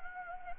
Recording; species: mosquito wingbeat signal from an infrared sensor; Anopheles gambiae